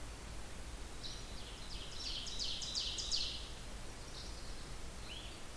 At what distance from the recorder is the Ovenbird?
about 75 m